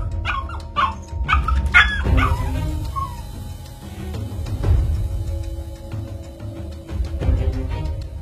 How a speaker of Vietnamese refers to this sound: Tôi tung con dao của bác Thành về bên ấy, chỉ nghe những tiếng kêu ăn ẳng vang lên. Con chó lập tức bị phong phép, không thể hóa thành khói được.